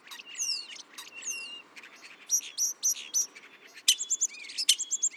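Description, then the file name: Common starling song: falling whistles followed by a series of short bright repeated notes and rapid clicks, a varied medley. "Spreeuw"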